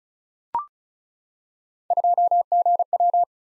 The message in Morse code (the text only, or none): 2GW